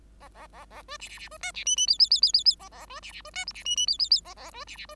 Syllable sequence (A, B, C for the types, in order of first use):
A A A A B C C C B D C E E F F F F F F A A B C C B D G C E E F F F A A B C C B